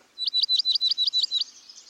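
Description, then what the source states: Dark-eyed Junco notes: a series of eight even, sharp chip-like notes at a steady quick pace, lasting just over a second. Also called snowbird; seen scratching for seeds in South Carolina, arriving when the leaves are past falling.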